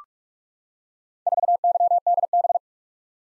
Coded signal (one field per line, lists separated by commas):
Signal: Morse code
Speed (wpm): 46 wpm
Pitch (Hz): 700 Hz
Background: none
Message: 4YDB